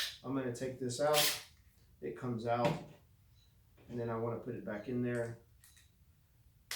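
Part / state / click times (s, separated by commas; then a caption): screwdriver bit into cordless drill quick-change bit holder / seated / 6.7 s. Someone talks while a screwdriver bit is taken out of a Dewalt cordless drill's quick-change bit holder and then pushed back in. At 6.7 s a sharp click is heard as the bit locks into the holder, showing it is tight, secure and won't slip out.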